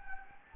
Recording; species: mosquito wingbeat signal from an infrared sensor; Anopheles gambiae